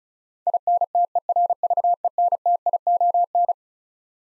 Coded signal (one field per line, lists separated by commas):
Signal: Morse code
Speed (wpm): 36 wpm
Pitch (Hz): 700 Hz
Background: none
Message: INTERVENTION